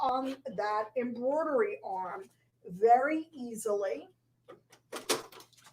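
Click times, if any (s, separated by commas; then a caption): 5.1 s. A free-arm embroidery hoop is pushed onto the embroidery arm of a sewing machine while someone talks. After the speech, a few soft contact sounds lead into a sharp click at 5.1 seconds as the hoop latches and locks in place.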